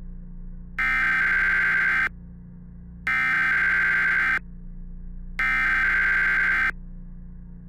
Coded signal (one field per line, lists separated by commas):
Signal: Emergency Alert System (SAME) tones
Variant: header bursts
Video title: EAS MOCK- Tomato Warning